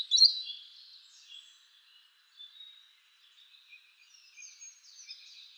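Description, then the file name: European robin singing, a loud high warbled note at the start followed by faint, thin, high-pitched trills and twitters. "Erithacus rubecula"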